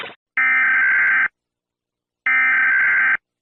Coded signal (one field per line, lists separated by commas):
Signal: Emergency Alert System (SAME) tones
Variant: header bursts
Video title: WARNING!! Every Country's EAS Alarm but every time a word is repeated it loops..